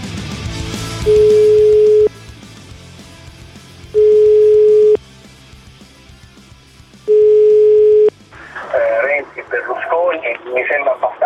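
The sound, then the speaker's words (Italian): Three steady, mid-pitched telephone ringback tones of an outgoing call, each about a second long with pauses between, play over a low background bed before a voice comes in at the end. “E seconda telefonata, vai.”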